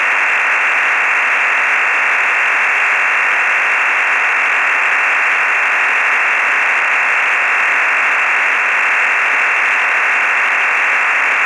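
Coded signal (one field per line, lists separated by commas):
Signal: digital SSTV (DRM)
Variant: EasyPal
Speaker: k 3f MLT full resolve at 10 DB here okay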